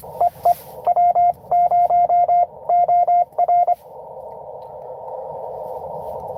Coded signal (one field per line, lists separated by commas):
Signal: Morse code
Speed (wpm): 22 wpm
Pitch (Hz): 700 Hz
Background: radio noise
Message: EE W0OR